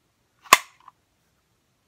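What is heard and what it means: A Glock 19 pistol is pushed into a Vedder LightTuck kydex holster for the second time and seats with a loud, sharp snap at 0.5 s, followed by a faint tick around 0.9 s. The pistol is seated, and the loud snap is the sign of a good fit and good retention.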